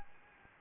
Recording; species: mosquito wingbeat signal from an infrared sensor; Anopheles gambiae